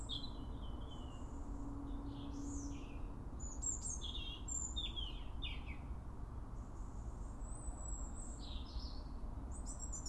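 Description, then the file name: European robin song: a run of thin, high whistles and quick warbles that rise and fall, fairly continuous, over droning low-frequency noise. "Erithacus rubecula"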